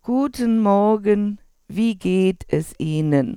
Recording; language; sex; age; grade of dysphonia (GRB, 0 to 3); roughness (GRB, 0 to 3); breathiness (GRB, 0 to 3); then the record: spoken sentence; German; female; 60 to 69 years; 0; 0; 0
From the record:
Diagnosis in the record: functional dysphonia, psychogenic dysphonia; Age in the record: 67 years